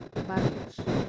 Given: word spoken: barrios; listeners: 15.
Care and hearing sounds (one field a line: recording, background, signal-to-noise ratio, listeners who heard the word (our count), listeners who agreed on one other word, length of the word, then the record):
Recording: one Spanish word in noise, from a listening test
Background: noise modulated by one talker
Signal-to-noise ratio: -7.3 dB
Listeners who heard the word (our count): 3 of 15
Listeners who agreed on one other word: 8 of 15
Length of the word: 0.69 s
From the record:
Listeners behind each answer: 8, 3, 2, 1, 1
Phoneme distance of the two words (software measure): 10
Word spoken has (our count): 2 syllables, 6 phonemes, stress on syllable 1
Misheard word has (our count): 2 syllables, 6 phonemes, stress on syllable 1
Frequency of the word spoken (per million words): 29.41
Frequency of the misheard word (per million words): 231.48